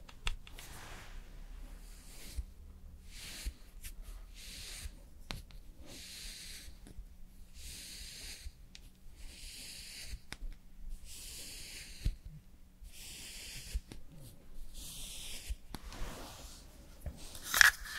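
Makeup and hair styling: soft brushing or spraying strokes repeat about once a second, with a low hum underneath and a sharp click near the end.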